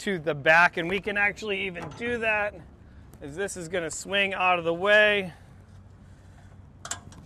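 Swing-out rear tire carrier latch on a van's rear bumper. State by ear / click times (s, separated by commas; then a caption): seated / 6.8 s, 6.9 s. Someone talks while the rear swing-out spare-tire box on the rear bumper of a lifted Ford E-Series van is swung out of the way. After the talking stops, the swing-out carrier latch clicks sharply at about 6.9 s and again at 6.9 s, locking the box in the open position.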